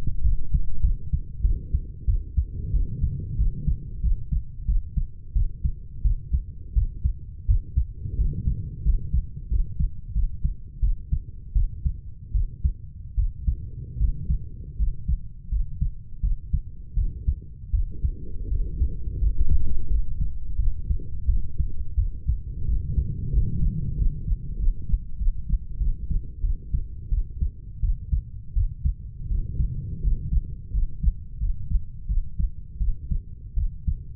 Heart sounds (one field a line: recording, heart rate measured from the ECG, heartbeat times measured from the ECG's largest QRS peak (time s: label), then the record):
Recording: heart sounds by stethoscope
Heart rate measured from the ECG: 86 bpm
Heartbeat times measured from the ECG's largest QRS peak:
0.23 s: heartbeat
0.82 s: heartbeat
1.43 s: heartbeat
2.06 s: heartbeat
2.72 s: heartbeat
3.37 s: heartbeat
4.02 s: heartbeat
4.67 s: heartbeat
5.34 s: heartbeat
6.03 s: heartbeat
6.75 s: heartbeat
7.47 s: heartbeat
8.17 s: heartbeat
8.84 s: heartbeat
9.50 s: heartbeat
10.14 s: heartbeat
10.81 s: heartbeat
11.54 s: heartbeat
12.33 s: heartbeat
13.16 s: heartbeat
13.99 s: heartbeat
14.78 s: heartbeat
15.50 s: heartbeat
16.21 s: heartbeat
16.95 s: heartbeat
17.72 s: heartbeat
18.49 s: heartbeat
19.20 s: heartbeat
19.89 s: heartbeat
20.57 s: heartbeat
21.26 s: heartbeat
21.96 s: heartbeat
22.66 s: heartbeat
23.32 s: heartbeat
23.96 s: heartbeat
24.58 s: heartbeat
25.18 s: heartbeat
25.79 s: heartbeat
26.42 s: heartbeat
27.10 s: heartbeat
27.81 s: heartbeat
28.54 s: heartbeat
29.29 s: heartbeat
30.02 s: heartbeat
30.72 s: heartbeat
31.39 s: heartbeat
32.07 s: heartbeat
32.79 s: heartbeat
33.55 s: heartbeat
From the record:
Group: healthy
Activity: rest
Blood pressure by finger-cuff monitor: 148/66 mmHg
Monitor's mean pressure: 89 mmHg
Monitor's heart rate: 88 bpm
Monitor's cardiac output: 8.7 L/min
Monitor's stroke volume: 102 mL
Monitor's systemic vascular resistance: 730 dyn s/cm5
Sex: female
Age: 32 years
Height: 168 cm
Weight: 61.9 kg